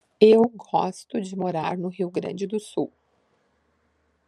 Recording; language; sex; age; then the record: spoken sentence; Brazilian Portuguese; female; 50 to 59 years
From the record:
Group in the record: control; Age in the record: 55 years